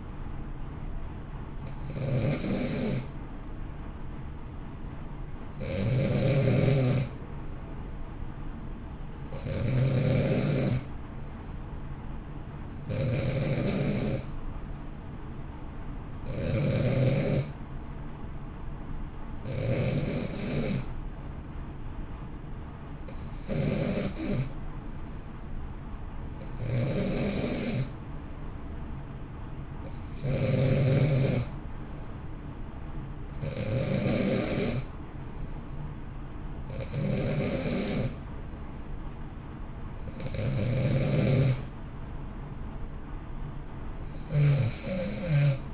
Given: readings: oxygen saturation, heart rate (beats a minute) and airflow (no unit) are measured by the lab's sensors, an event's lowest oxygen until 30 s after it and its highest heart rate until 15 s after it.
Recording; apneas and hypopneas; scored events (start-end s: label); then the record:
breathing in sleep by a smartphone at the bedside; none
none scored
From the record:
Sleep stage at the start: N2 (light sleep); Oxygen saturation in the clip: 89 to 92%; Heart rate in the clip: 58 to 63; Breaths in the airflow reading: 13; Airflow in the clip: -1.0 to 1.3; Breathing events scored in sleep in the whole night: 328 in 6.3 hours asleep